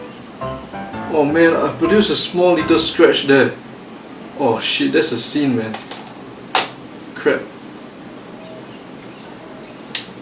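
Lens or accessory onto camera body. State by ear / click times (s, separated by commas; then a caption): seated / 9.9 s. Someone talks while fitting a lens or accessory onto a camera body, after a fumbled first try. A sharp knock sounds near 6.6 s, then a single sharp click at 9.9 s as the camera part seats into place.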